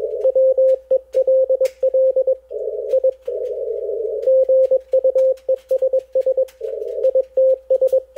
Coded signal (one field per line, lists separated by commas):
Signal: Morse code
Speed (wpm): 20 wpm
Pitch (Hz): 520 Hz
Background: none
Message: WELL I GUESS ITS